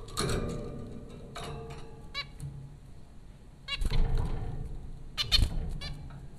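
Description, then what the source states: Zebra finch calls, brief nasal honking notes in small bursts with gaps between, against low background noise. At Popcorn School, Flatbush, Brooklyn, New York, on April 15, 2009.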